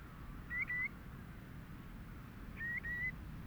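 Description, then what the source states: Bird calls: two clear whistled double notes, each a short upslurred 'quee-quee', about two seconds apart, over a steady low rumbling background. Call described as a 'quee-quee' call.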